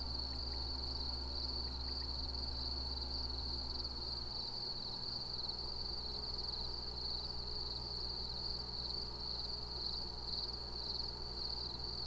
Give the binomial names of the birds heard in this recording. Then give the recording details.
Coturnix coturnix. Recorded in France